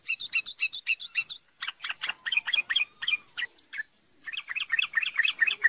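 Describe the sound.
Bird song: quick, high trilled phrases of sharp chirps that change pattern several times, with a brief pause before a final rapid twitter.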